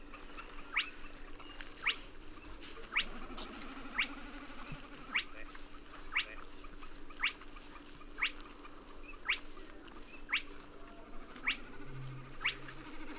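A spotted crake repeats its monotonous whistle, a short sharp upward 'whit' about once a second, steady throughout. Underneath runs the dense rattling carpet of a Savi's warbler, along with a low steady hum and a brief deeper tone near the end.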